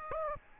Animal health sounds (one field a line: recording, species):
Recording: mosquito wingbeat signal from an infrared sensor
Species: Aedes aegypti